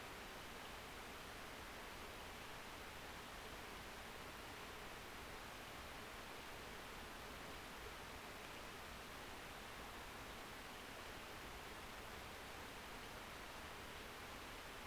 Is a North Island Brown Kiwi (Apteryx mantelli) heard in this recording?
no